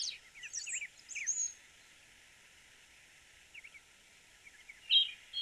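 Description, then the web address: Slaty thrush song: short high, slurred phrases of chirping notes, a quiet gap of about two seconds, then a few more brief phrases. "cantos zorzalplomizo"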